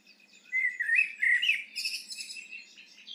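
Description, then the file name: Eurasian blackbird song: a fluted warbling phrase that slides up and down, finishing in a burst of high, squeaky twittering notes. "Turdus merula"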